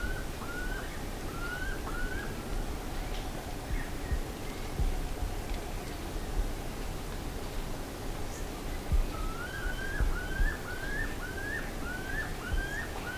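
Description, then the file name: Bird calls: short slurred whistled notes, each rising then dipping, in two bouts of several quick notes, over a steady low rumble. "SABIOD 50 bird 2015"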